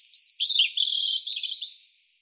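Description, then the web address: European robin singing a rapid, jumbled run of high twittering notes that drops slightly in pitch, then a second twittering burst that fades away. "cianscape birddata Deverinetal Bird Er Ru"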